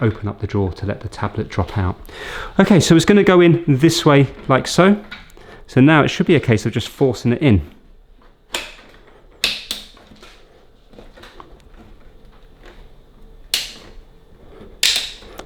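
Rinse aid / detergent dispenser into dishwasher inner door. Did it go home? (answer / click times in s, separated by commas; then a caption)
yes / 9.4 s, 13.5 s. Someone talks while a replacement rinse aid and detergent dispenser unit, fitted to fix a rinse aid leak, is forced by hand into its opening in the dishwasher's inner door panel. Its plastic tabs snap in with loud clicks at 9.4 s and 13.5 s, with quieter knocks in between, and the dispenser is seated.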